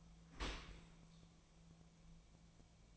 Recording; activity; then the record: daily activity, microphone in the room; open dishwasher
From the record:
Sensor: 1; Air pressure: 1000.5 hPa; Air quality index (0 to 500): 183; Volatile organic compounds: 4 ppm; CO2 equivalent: 1685 ppm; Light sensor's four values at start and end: 10/25/10/12 and 10/25/10/12